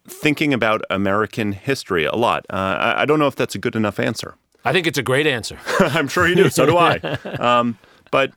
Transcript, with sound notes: thinking about American history a lot. I don’t know if that’s a good enough answer.
I think it’s a great answer.
(laughs) I’m sure you do, so do I. But,